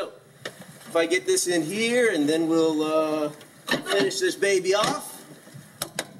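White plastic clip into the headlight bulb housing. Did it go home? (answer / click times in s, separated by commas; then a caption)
yes / 5.8 s, 6.0 s. A white plastic retaining clip on a headlight bulb assembly is pushed into the headlight bulb housing with little force while someone talks. Two sharp clicks come at 5.8 s and 6.0 s as the clip snaps in and seats.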